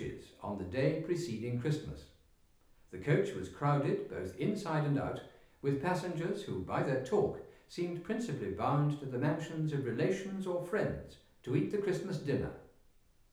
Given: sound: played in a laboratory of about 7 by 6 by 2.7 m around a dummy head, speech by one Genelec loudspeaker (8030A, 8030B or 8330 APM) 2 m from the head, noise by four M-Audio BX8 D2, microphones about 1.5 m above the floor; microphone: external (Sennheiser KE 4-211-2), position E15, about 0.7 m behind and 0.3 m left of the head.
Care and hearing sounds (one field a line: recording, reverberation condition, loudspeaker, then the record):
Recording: male speech in English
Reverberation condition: medium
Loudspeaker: 60 degrees to the left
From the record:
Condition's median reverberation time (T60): about 510 ms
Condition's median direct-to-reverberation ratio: about -0.5 dB